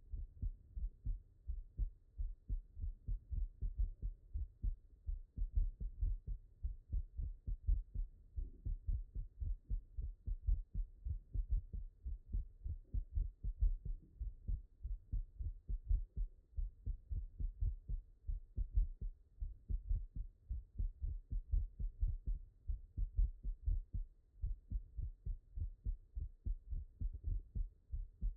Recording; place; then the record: heart sounds by stethoscope; tricuspid valve (TV)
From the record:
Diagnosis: non-HFrEF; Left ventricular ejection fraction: 44%